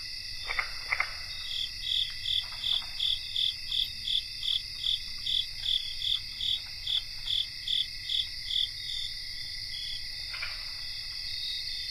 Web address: Nature Songs N America Songs of Insects 77-Cricket chorus